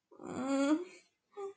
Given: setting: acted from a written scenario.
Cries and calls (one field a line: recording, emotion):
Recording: vocal sound without words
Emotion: sadness